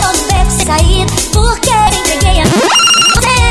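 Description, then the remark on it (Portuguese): A loud, melodic cell phone message alert ringtone plays as a busy electronic jingle with pulsing bass beats and bright high tones, rising in a quick sweep near the end. No one speaks over it. “Olhei seu celular, tem uma mensagem de...”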